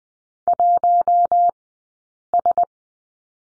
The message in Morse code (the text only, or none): 1S